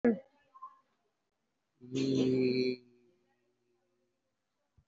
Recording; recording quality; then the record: sustained vowel as in beet; excellent, no background noise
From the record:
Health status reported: respiratory illness, not identified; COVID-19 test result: not tested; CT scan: not taken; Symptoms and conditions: cough, cold, breathing difficulty, sore throat, fatigue, chronic lung disease, pneumonia, another condition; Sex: male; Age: 62 years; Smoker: yes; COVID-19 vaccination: both doses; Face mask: worn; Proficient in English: no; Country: India